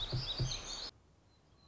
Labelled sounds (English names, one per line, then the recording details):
Black-throated Gray Warbler
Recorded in Sonoma County, California